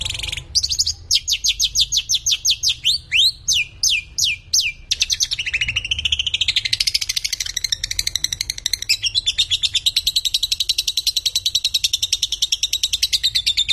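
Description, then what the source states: Lovebird producing loud, sweeping squeaky notes at first, then shifting into a dense, rapid buzzy chatter that continues steadily to the end. Konslet call type: long, unbroken chattering.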